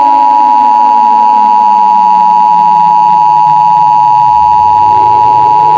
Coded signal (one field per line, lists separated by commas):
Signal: Emergency Alert System (SAME) tones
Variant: 853 and 960 Hz attention tone